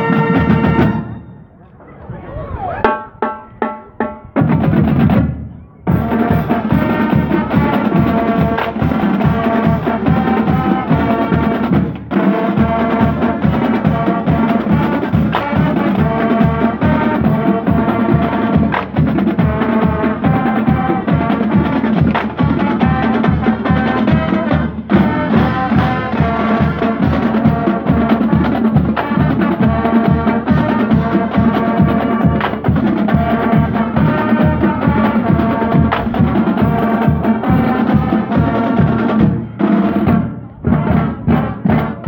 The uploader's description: drumlines from the bloomfield halloween parade